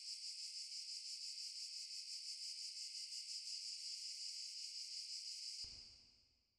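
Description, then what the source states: Cicada buzz, a dense high-pitched shrill pulsing rapidly, steady for over five seconds and then fading out. Recorded in underbrush.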